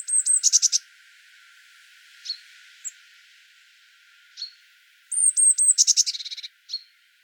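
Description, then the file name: Eurasian blue tit calls: thin high notes leading into a fast buzzy churr, given twice, with scattered soft single notes between. "Cyanistes caeruleus"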